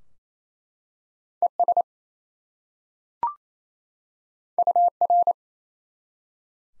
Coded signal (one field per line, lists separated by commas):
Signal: Morse code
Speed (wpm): 28 wpm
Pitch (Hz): 700 Hz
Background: none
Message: ES UR